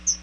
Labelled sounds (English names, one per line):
Chestnut-sided Warbler flight call